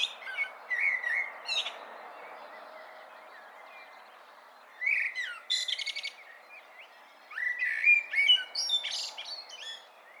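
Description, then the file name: Common blackbird song over a steady hiss: three phrases of mellow whistles, each capped by shrill twitters. "Turdus merula"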